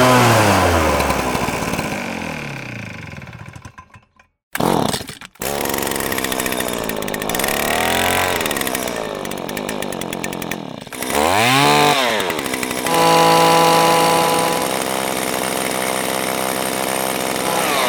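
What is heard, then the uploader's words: Several chainsaw-like engines rev and bog with rising, falling pitch, a brief near-silent gap around four seconds, then a steady high whine. 7 Chainsaws, 3 Mistblowers And Pole Pruner.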